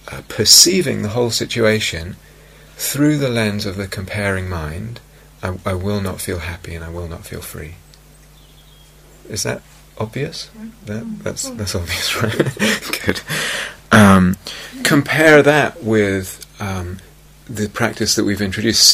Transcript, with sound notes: perceiving the whole situation through the lens of the comparing mind, I will not feel happy, and I will not feel free. Is that... obvious? That's obvious, right? [laughs] Good. Compare that with the practice that we've introduced: